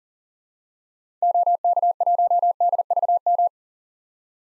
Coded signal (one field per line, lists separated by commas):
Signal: Morse code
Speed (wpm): 40 wpm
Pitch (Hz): 700 Hz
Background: none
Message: OK1DVM